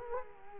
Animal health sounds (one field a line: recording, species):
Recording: mosquito wingbeat signal from an infrared sensor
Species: Culex quinquefasciatus